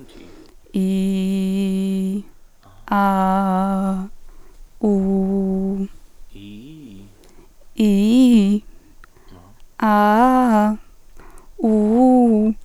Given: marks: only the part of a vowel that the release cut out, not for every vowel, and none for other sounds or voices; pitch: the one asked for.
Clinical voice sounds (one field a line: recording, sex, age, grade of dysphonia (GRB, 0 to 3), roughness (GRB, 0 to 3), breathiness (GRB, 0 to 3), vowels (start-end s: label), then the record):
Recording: sustained vowels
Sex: female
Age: 20 to 29 years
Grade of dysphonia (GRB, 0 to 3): 0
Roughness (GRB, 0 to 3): 0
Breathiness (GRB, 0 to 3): 0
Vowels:
0.81-2.11 s: vowel /i/, low pitch
2.95-3.65 s: vowel /a/, low pitch
4.88-5.78 s: vowel /u/, low pitch
7.83-8.53 s: vowel /i/, low-high-low pitch
9.87-10.68 s: vowel /a/, low-high-low pitch
11.68-12.46 s: vowel /u/, low-high-low pitch
From the record:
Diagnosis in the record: healthy voice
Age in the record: 21 years